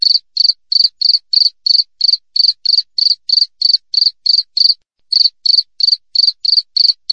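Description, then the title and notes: Cricket with a steady train of shrill chirps, about three per second, pausing once before resuming at the same rhythm. Wild cricket (jangkrik alam), clear chirping with tight, close intervals, offered as a tutor recording for training songbirds and for repelling rats. "Masteran Jangkrik Alam Jernih, Jeda Rapat Cocok Untuk Masteran Burung Dan Mengusir Tikus. suara jangkrik"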